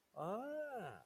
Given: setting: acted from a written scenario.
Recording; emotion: vocal sound without words; desire